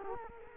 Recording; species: mosquito wingbeat signal from an infrared sensor; Culex quinquefasciatus